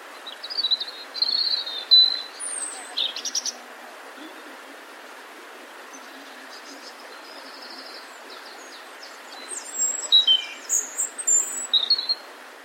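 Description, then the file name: European robin sings high, tinkling phrases mixing sharp trills and sliding whistles, with a long quiet gap midway before another burst. "Erithacus rubecula"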